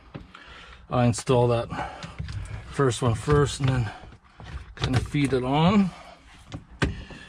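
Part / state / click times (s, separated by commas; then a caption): clock spring onto steering column / seated / 6.8 s. Someone talks while a clock spring is fed onto the steering column shaft of a Jeep Wrangler JKU, one side first and then the rest, and pressed home. A sharp, loud snap at 6.8 s marks the clock spring seating in place on the steering column.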